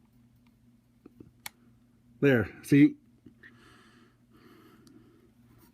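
A plastic test lever is pushed onto its snap lock in the housing of a NuTone Scovill S-180 smoke detection/alarm unit, with a few faint small taps before a single sharp, bright click at 1.5 s. Someone then talks briefly over a low steady hum. The snap lock latches home and the lever is locked into place.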